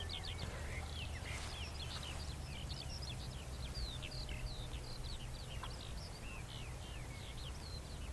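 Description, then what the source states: Skylark song, a long unbroken stream of high chirping, trilling notes, heard over strong low wind rumble and background noise. Song flight over a winter-sown crop field in the north Cotswolds, Warwickshire, early spring, overcast day; bird about 100 metres up, flying almost straight up while singing.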